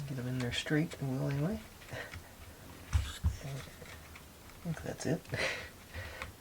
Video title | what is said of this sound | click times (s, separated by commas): Rolife Arcade Dating Book Nook Build: Steps 8-11 | didn't click or anything | none